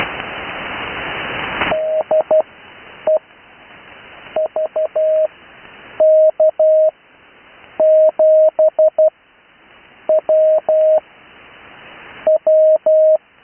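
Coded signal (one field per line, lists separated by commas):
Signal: Morse code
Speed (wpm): 12 wpm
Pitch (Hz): 630 Hz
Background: none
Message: DE VK7WW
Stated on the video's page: Morse code callsign practice, recorded live.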